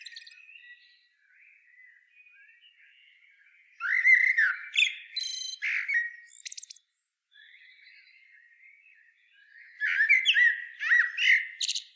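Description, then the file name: Common blackbird: soft background warbling, then two loud phrases of fluty whistles ending in squeaky high twitters, separated by a quieter stretch. "Turdus merula"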